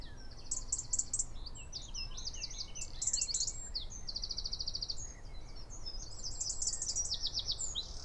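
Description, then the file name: Eurasian wren pouring out high trills and sharp ticking notes in rapid bursts throughout, over a low background rumble. "Troglodytes troglodytes"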